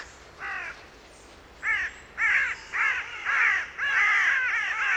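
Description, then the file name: Carrion crow cawing, several harsh downward-arched caws, the first alone, then coming faster and running together toward the end. "Corvus corone"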